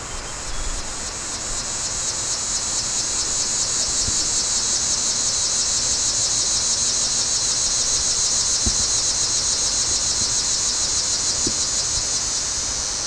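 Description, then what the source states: Cicada song, a continuous high shrill buzz with rapid pulsing, steady throughout with slight swelling, a few faint clicks beneath. Recorded in the Apuan Alps.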